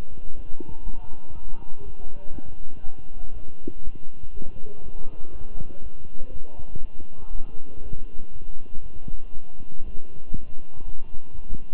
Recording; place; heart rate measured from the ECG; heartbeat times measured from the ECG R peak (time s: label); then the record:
heart sounds by stethoscope; between the tricuspid and mitral areas; 120 bpm
0.35 s: heartbeat
0.84 s: heartbeat
1.34 s: heartbeat
1.84 s: heartbeat
2.33 s: heartbeat
2.83 s: heartbeat
3.33 s: heartbeat
3.83 s: heartbeat
4.33 s: heartbeat
4.82 s: heartbeat
5.32 s: heartbeat
5.82 s: heartbeat
6.32 s: heartbeat
6.81 s: heartbeat
7.31 s: heartbeat
7.81 s: heartbeat
8.32 s: heartbeat
8.82 s: heartbeat
9.33 s: heartbeat
9.84 s: heartbeat
10.35 s: heartbeat
10.85 s: heartbeat
11.35 s: heartbeat
From the record:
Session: walking at 3.7 km/h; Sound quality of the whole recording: good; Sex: male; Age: 23 years